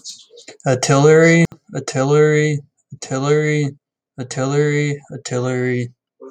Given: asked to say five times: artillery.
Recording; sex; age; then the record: repeated word; male; 30 to 39 years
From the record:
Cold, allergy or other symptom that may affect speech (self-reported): no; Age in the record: 36 years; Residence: Ohio, United States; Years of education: 12